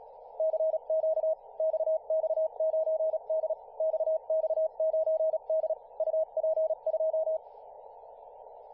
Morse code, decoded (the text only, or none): CQ XX9D XX9D UP2